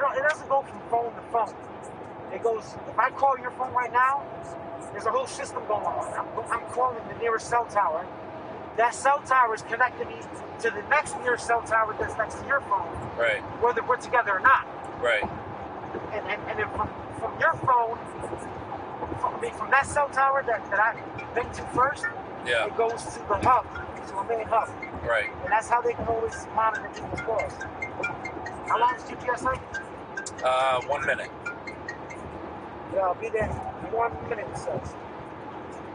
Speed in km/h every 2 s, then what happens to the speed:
105, 106, 106, 108, 109, 109, 111, 108, 108, 108, 108, 105, 105, 103, 101, 103, 105, 103.
0-36 steady at about 106.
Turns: none.